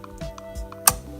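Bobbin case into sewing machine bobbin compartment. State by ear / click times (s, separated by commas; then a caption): seated / 0.9 s. A metal bobbin case is pushed into the bobbin compartment of a sewing machine over background music, with a few faint light ticks before a loud sharp click at 0.9 s. The case locks in position so it won't move around, and it is seated.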